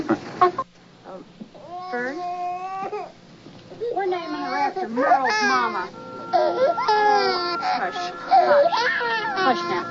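A baby in a film, held in a strange woman's arms, cries in a series of loud, high-pitched wails, each one wavering and straining before breaking off, with the crying growing more continuous and insistent toward the end.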